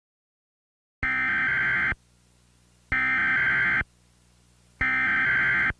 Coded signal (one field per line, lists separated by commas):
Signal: Emergency Alert System (SAME) tones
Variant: header bursts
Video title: EAS MOCK: I thought you were asleep...